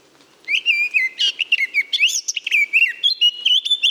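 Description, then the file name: Eurasian blackcap bursts into song after a short silence, delivering a hurried run of warbled, whistled notes with a few higher squeaky accents. "Sylvia atricapilla"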